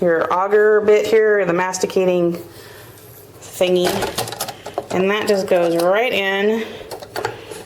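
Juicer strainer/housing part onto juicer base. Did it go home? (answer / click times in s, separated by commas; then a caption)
yes / 7.2 s. Someone talks while a juicer component, a plastic housing or strainer, is pushed onto the juicer base. A few short, sharp clicks follow near the end, and the part snaps into place at 7.3 s.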